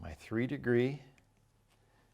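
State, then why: Seated. A three-degree helical vane clamp is pushed into the clamp holder of a Bohning Multi Fletcher fletching jig while someone talks. A short, faint snap is heard at 1.2 s as the clamp seats in the holder.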